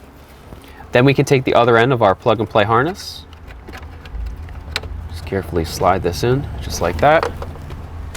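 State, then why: Not seated. Someone talks while the quad lock connector on the other end of a plug-and-play harness is carefully slid into an NBT EVO head unit being installed in an F30 BMW, with light handling clicks and a sharp tap heard between the speech. The clip ends before the connector's lever is raised and locked, so nothing has seated yet.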